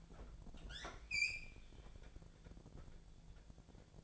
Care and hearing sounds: daily activity, microphone in the room; open fridge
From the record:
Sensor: 5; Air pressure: 1000.2 hPa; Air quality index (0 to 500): 104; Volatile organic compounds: 1 ppm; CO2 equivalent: 840 ppm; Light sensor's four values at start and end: 220/525/223/242 and 224/533/226/247

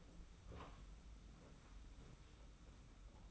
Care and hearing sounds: daily activity, microphone in the room; open door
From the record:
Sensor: 1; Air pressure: 991.6 hPa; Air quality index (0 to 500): 131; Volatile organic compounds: 430 ppm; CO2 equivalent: 4720 ppm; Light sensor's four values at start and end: 34/112/44/45 and 34/111/43/45

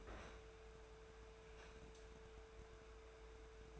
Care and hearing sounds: daily activity, microphone in the room; open fridge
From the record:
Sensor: 2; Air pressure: 1014.9 hPa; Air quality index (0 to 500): 194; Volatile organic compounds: 17 ppm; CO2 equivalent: 2570 ppm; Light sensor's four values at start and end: 26/64/28/31 and 26/64/28/30

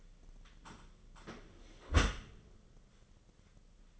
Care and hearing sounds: daily activity, microphone in the room; close dishwasher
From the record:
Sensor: 4

